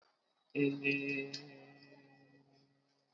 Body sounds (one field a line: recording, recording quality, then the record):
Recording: sustained vowel as in made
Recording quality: excellent, no background noise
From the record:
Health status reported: COVID-19 positive, no symptoms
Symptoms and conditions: sore throat, muscle pain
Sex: female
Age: 50 years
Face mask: not worn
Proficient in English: no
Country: India